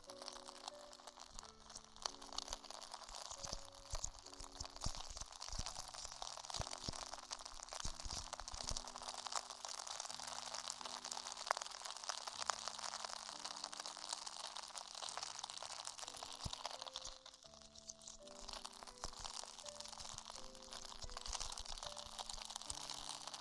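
Tingly ear exploration: dense, continuous crinkling and crunching with sharp crackles, bright and busy throughout, easing briefly around 17 to 18 seconds. Beneath it, low sustained tones change pitch in steps about once a second, like a slow melody.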